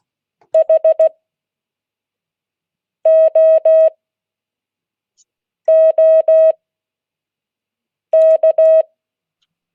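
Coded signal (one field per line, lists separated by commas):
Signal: Morse code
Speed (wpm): 16 wpm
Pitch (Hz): 640 Hz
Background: none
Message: HOOK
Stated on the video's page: Morse code class.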